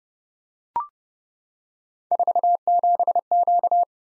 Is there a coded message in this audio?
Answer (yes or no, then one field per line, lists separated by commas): yes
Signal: Morse code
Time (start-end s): 2.1-3.8 s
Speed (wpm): 30 wpm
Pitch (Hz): 700 Hz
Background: none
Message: 47Q